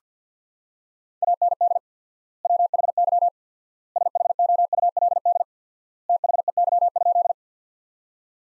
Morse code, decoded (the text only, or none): AND WHY SHOULD THEY?